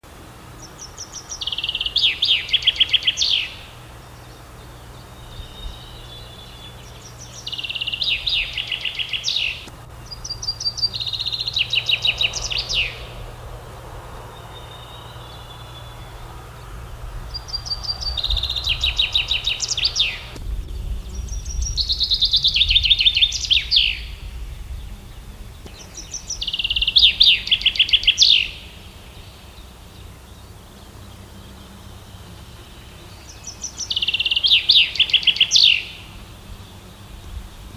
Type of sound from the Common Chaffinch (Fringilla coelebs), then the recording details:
song. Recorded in the wild. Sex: male. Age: adult. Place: Schloß Holte-Stukenbrock, Senne, Nordrhein-Westfalen, DE. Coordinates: 51.8667, 8.66667. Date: 1973. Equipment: Uher 4200 Report Stereo, Bändchenmikro Beyer M 260, Parabolspiegel Polyester (600 mm). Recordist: Conrads, Klaus. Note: Stukenbrock, Furlbach-Gebiet. Männchen: Gesang (A, B, C, D) (Buchfink 62-5 - Bezeichnung des Autors). Ungenaue Datumsangabe: 15. bis 20.06.1973